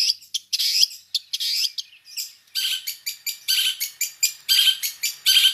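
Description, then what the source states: Long-tailed shrike song: varied harsh, scratchy phrases interspersed with thin whistles, delivered in irregular bursts with short pauses. Full song with imitations, called gacor in the local style.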